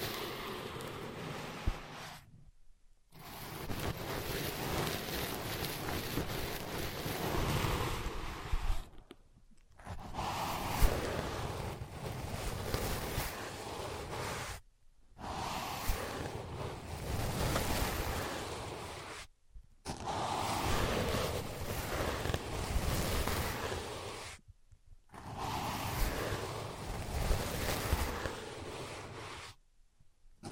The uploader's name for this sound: Using Ear Pads as Your Ears Tapping, Scratching, Tracing